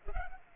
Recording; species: mosquito wingbeat signal from an infrared sensor; Culex pipiens